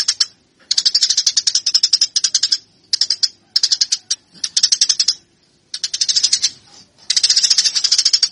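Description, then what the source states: Eurasian tree sparrow chatter: bursts of rapid, harsh, high chirps of varying length, broken by short silent gaps throughout. Fighting (tarung) sounds of the tree sparrow (burung gereja).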